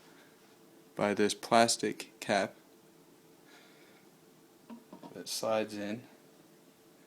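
A plastic plug cap is handled near the hole in a bowl's cap, where it is meant to slide in and lock to make a sealed bowl. Someone talks in two bursts, with a couple of faint short sounds near 4.7 and 4.9 seconds. Nothing has seated or clicked yet.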